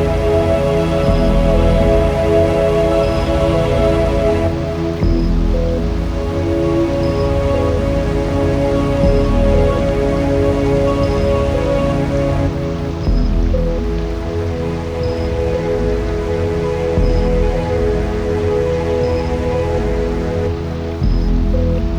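Water at a mountain lake makes a dense, steady splashing patter, full, with a low rumble underneath and a rain-like crackle throughout. A faint, high tick repeats roughly every two seconds, and the sound shifts slightly around five and thirteen seconds.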